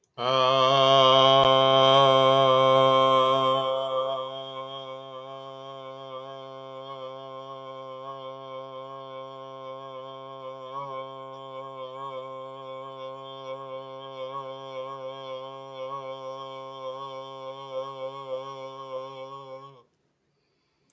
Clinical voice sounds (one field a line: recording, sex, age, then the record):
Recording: vowel held as long as possible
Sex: male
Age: 30 to 39 years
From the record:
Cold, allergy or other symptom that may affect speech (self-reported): no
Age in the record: 37 years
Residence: United States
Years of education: 18